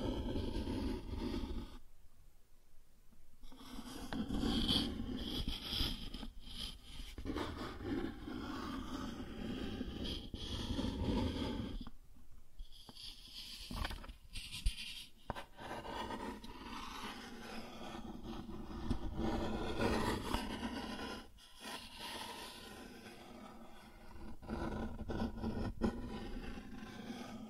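Cardboard being scratched and traced, a rough scraping that runs in uneven strokes through the clip. Low rumbling scrapes dominate, broken by short quiet gaps near 2, 12 and 21 seconds, with occasional sharper crackles standing out above the steady rasp.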